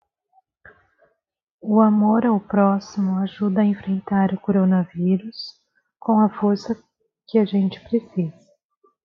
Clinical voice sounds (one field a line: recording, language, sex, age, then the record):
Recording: spoken sentence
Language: Brazilian Portuguese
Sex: female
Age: 30 to 39 years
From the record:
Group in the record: control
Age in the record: 35 years